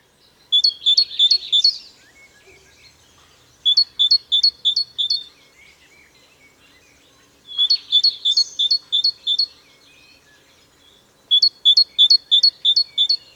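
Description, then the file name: Great tit song: four bursts of quick, evenly spaced two-note chimes, high and bright, each bout lasting about one to two seconds, separated by pauses. "Parus major"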